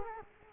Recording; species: mosquito wingbeat signal from an infrared sensor; Culex quinquefasciatus